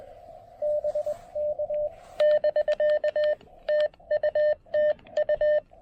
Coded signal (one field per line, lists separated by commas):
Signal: Morse code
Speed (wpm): 20 wpm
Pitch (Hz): 600 Hz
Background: radio noise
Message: BK <BK> TUTU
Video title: Snagging a little POTA QRP DX with the Chelegance MC-750 and Xiegu G106!